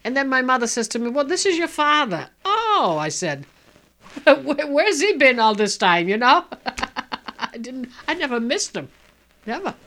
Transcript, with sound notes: And then my mother says to me, "This is your father." "Oh," I said. "Where's he been all this time." ( she laughs ) You know? I didn't, I never missed him, never.